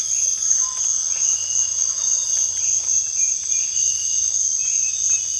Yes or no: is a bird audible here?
no